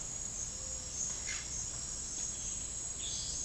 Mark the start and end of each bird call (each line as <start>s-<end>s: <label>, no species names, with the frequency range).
1.16s-1.61s: bird call (0.8-5.4 kHz)
2.94s-3.44s: bird call (2.4-5.8 kHz)